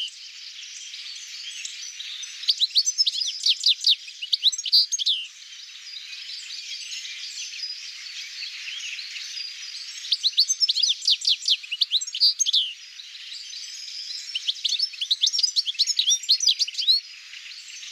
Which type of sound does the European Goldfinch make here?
song